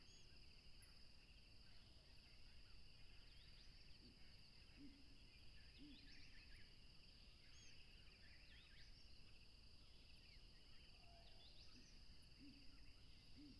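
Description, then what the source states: Steady high cricket trilling without pause, joined by sharp bird chirps and a few short low hooting notes, over low background rumble. Tropical river setting, with a plane passing.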